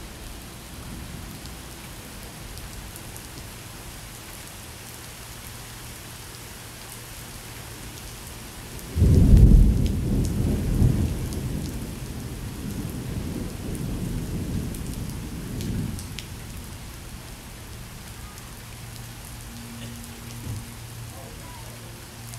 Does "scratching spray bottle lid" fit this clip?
no